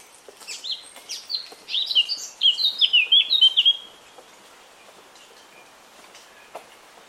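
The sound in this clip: Eurasian Blackcap song: a brief burst of quick, varied high notes, warbling at first and then louder and clearer, before falling silent, with faint clicks around it.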